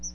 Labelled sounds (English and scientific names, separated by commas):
Chestnut-sided Warbler (Setophaga pensylvanica) flight call